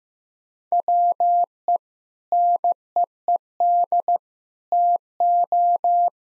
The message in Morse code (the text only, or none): WE NEED TO